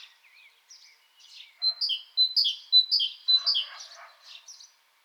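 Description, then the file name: Great tit song: after a few faint scattered notes, a bright two-note phrase, a high note dropping to a lower one, repeats about four times in quick rhythm. "Parus major"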